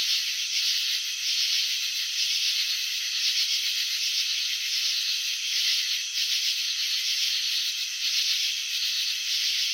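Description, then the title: Cricket chirping as a steady grating buzz made of quick repeated pulses, lasting the whole stretch with small dips in loudness. Crickets chirping by vibrating their wings; recording presented in slow motion. "Crickets in Slow Motion 📷. Capturing the Elegance of Chirping"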